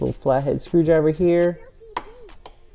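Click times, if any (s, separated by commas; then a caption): 2.0 s. A small flathead screwdriver pries up the plastic locking clip on the driver-side T-MAP sensor connector of a BMW F90 M5's engine, releasing it. Someone talks at first, then a sharp click is heard as the clip pops up at 2.0 s, followed by a couple of fainter ticks.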